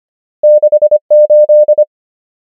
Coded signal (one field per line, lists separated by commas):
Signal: Morse code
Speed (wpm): 25 wpm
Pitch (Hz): 600 Hz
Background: none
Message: 6 8